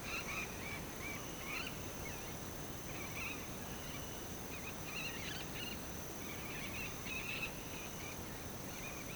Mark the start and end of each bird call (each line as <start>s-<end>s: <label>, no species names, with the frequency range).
0.00s-9.15s: bird call (1.4-3.7 kHz)